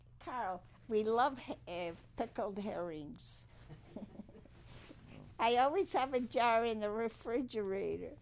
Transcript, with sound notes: Carl, we love pickled herrings. (she laughs) I always have a jar in the refrigerator.